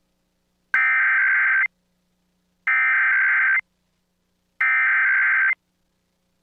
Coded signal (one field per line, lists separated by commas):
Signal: Emergency Alert System (SAME) tones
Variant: header bursts